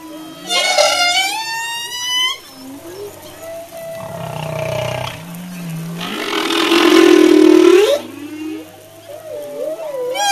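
Humpback whale song: a high, wavering harmonic whistle, then a low moan, a broad rasping roar that rises at its end, and wobbling mid-pitched tones.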